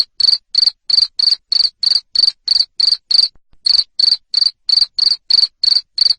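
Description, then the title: Loud cricket chirps, high and metallic, pulsing steadily about three per second with a single short gap partway through. Loud cricket chirping used to stimulate lovebirds into continuous chattering song. "Suara JANGKRIK NGERIK Keras Bikin LOVEBIRD Jadi NGEKEK Terus"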